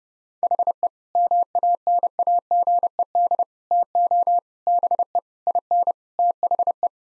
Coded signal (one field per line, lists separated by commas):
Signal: Morse code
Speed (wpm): 30 wpm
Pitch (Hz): 700 Hz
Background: none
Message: HE MANAGED TO BE IN THE